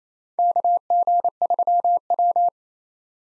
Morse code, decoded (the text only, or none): KG3W